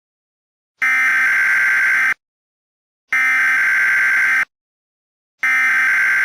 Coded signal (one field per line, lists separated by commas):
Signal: Emergency Alert System (SAME) tones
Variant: header bursts